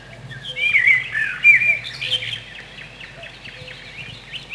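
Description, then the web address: Common blackbird giving one short, fluty whistled phrase that breaks into thin, high scratchy twittering, with a faint low hum in the background. Spring. "vremena vesna drozd chjorni"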